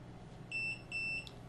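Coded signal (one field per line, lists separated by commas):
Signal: beep code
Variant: Sonoff RF Bridge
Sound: two short high-pitched electronic beeps in quick succession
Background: room hum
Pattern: 2 short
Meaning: The remote's code was received and the off button is now programmed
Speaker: and then i get two beeps and now we have both on and off programmed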